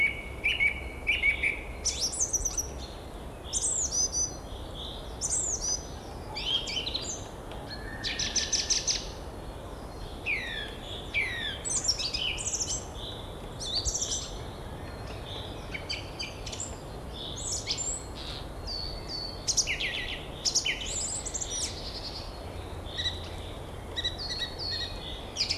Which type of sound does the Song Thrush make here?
song